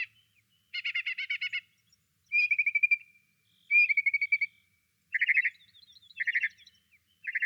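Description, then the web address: Desert mockingbird song of separate phrases, each a rapid trill of repeated notes, separated by short pauses, varying from buzzy to cleaner whistled trills. Solo singer. "desert mockingbird solo"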